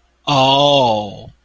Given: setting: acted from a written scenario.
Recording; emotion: vocal sound without words; awe